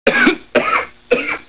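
Three short coughs in quick succession from an adult.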